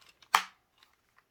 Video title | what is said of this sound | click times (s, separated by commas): Warcat Tactical - AIWB & OWB Holsters | okay, well, that's a good positive click there when it goes in. | 0.3 s